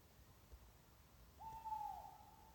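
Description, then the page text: Tawny owl giving a single drawn-out hoot that starts level, dips slightly and levels off again, against faint background hiss. Singing in the park of the castle of Amou, Chalosse, Béarn. "Cagèca (#Strix aluco) cantant dens lo parc deu casteth d'#Amor en #Shalòssa."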